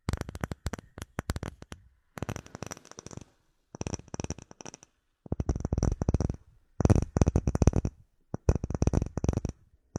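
Knocking and tapping sounds come in quick bursts, sharp strikes packed into clusters of rapid raps separated by short silences. The hits are crisp and bright with a low thud beneath, growing denser and louder toward the second half, with brief pauses around two, five and eight seconds.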